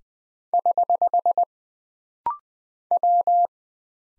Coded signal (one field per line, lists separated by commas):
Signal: Morse code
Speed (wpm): 20 wpm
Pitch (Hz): 700 Hz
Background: none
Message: <HH> W